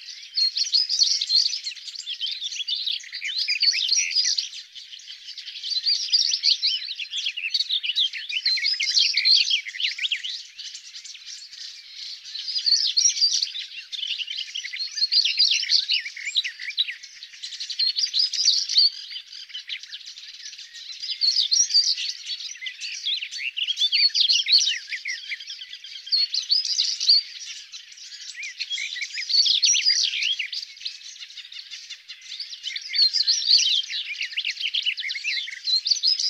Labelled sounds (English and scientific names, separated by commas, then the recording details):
European Stonechat (Saxicola rubicola) song
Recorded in the wild
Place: Wasenweiler am Kaiserstuhl, Baden-Württemberg, DE
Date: 1997-06-07
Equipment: Dat-Recorder Casio DA 7, Telinga DAT, Telinga-Parabolspiegel
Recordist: Schwarz, Dieter
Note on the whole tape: Song